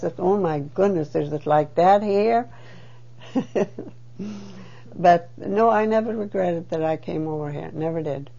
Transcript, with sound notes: I says, "Oh, my goodness, is it like that here?" (She laughs.) But no, I never regretted that I came over here, never did.